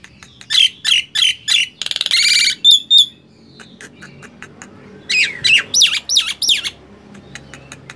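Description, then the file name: Nias hill myna uttering several loud squawks, a quick buzzy rattle, then looping whistled notes. "suara jalak nias"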